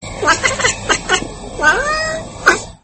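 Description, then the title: Domestic cat meowing: several short mews followed by a longer drawn-out meow, then one more brief mew. Pet cat belonging to the recordist. "kucingku"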